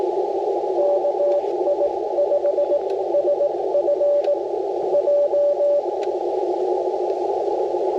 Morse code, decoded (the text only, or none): KI5SFJ